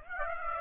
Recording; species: mosquito wingbeat signal from an infrared sensor; Aedes aegypti